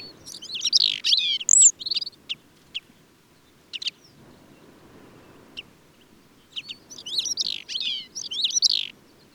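Lapland longspur calling, a quick cluster of high, clipped chirps and rattles, a quieter gap with a few isolated notes, then another busy run of overlapping chirps.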